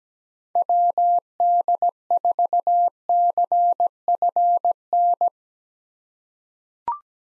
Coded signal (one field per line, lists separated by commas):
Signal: Morse code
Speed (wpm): 17 wpm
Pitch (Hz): 700 Hz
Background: none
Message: WD4CFN